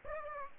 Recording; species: mosquito wingbeat signal from an infrared sensor; Aedes aegypti